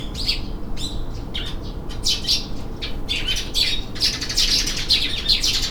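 Bird calls: sharp squawks and rapid chirps come in clusters, growing busier toward the end, with a constant low hum underneath.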